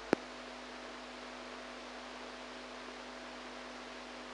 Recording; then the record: brain microelectrode recording played as sound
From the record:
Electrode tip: outside the subthalamic nucleus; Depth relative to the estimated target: 2 mm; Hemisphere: right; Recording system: NeuroSet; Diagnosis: Parkinson's disease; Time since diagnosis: 8 years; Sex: female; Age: 45 years